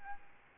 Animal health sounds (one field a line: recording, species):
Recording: mosquito wingbeat signal from an infrared sensor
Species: Aedes albopictus